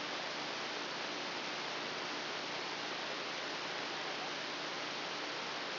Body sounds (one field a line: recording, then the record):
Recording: brain microelectrode recording played as sound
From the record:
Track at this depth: inside the subthalamic nucleus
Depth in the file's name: 2.111 mm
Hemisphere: left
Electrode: 2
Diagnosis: Parkinson's disease